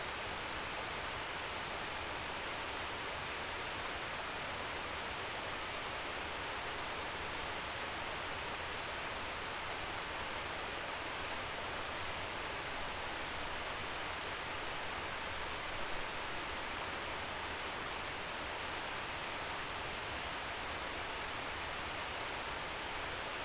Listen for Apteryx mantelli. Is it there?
no